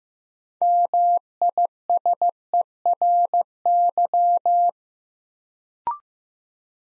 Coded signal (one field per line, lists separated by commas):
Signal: Morse code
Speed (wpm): 15 wpm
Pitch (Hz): 700 Hz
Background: none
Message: MISERY